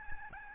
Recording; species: mosquito wingbeat signal from an infrared sensor; Aedes albopictus